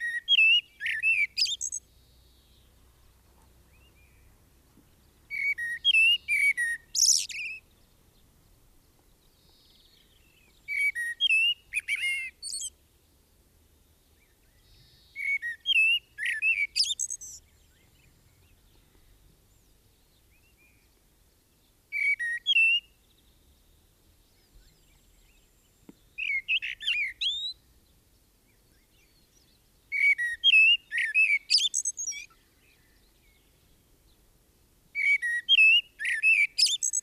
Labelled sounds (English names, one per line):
Common Blackbird song